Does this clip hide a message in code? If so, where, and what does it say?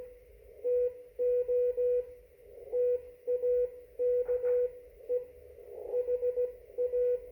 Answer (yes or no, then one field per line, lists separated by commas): yes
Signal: Morse code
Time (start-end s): 0.7-7.2 s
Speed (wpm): 17 wpm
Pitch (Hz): 490 Hz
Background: radio noise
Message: TO TAKE HA